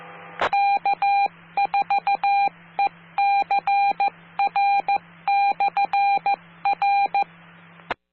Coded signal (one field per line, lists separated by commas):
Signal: Morse code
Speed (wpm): 14 wpm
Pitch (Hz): 800 Hz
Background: none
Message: K4ECR/R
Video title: 🔴LIVE Florida's Amateur Radio Repeaters Using QueCast, Never Miss a Thing!